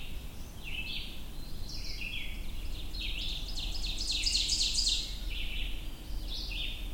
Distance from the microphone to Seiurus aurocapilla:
about 20 m